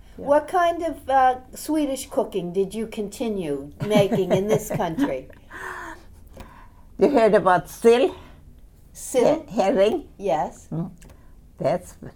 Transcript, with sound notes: What kind of Swedish cooking did you continue making in this country?
(she laughs) You heard about "sill?"
Sill?
Herring?
Yes.
That's,